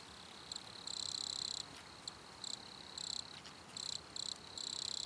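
Cricket trilling in irregular pulsed bursts, some short, some nearly a second long, high-pitched with bright overtones, soft hiss underneath.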